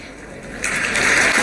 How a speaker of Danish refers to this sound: og der er klapsalver fra salen her.